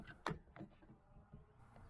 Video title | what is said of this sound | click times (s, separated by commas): How to Replace Door Speakers for a Nissan Frontier. | and with the screw snugged up all we have to do is install our cap so lift the handle and push on that cap to hear a snap | 0.3 s